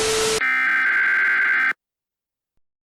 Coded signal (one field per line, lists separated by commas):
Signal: Emergency Alert System (SAME) tones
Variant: header bursts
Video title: EAS Scenario: The Underground Monster [FULL]